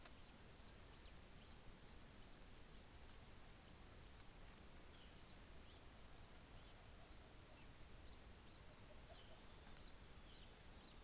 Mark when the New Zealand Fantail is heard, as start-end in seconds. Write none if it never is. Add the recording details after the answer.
none. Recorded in New Zealand on 24 December 2018. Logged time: 13:35